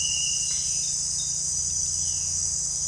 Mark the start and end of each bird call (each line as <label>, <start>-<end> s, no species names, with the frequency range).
bird call (2.3-4.4 kHz), 0.45-2.36 s